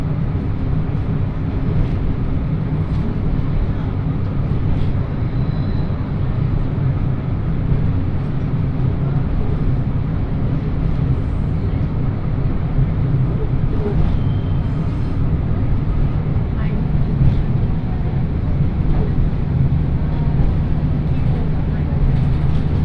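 A train ride on the Yodo Line from Uwajima toward Chikanaga, with a steady low rumble of wheels and engine and faint scattered clicks throughout.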